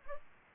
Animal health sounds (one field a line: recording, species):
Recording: mosquito wingbeat signal from an infrared sensor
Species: Culex pipiens